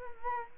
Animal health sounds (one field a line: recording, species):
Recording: mosquito wingbeat signal from an infrared sensor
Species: Culex quinquefasciatus